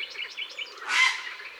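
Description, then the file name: Grey heron giving one harsh, hoarse squawk near the middle, set against a busy chorus of small birds chirping and trilling throughout. "Heron cendre"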